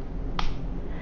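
An epinephrine auto-injector, likely a trainer, has its blue cap removed and is jabbed into the outer thigh with a swing-and-jab motion. A single sharp click sounds at 0.4 s over a low background hum. The click marks the device activating.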